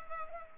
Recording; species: mosquito wingbeat signal from an infrared sensor; Culex pipiens